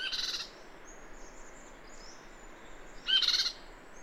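Bird calls: two short, harsh, buzzy bursts about three seconds apart, with a faint steady hiss between them.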